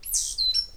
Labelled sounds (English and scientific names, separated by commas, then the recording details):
Stitchbird (Notiomystis cincta) song
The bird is a male
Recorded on Tiritiri Matangi Island, New Zealand, in 2005
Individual 8, of nest box 10